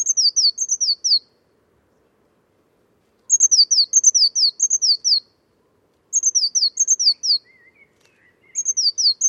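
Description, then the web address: Bird song: rapid series of high, sharply falling notes in bursts of several, separated by silent pauses of about one to two seconds, plus soft lower warbling notes. "Deverinetal 2025. Bird Only"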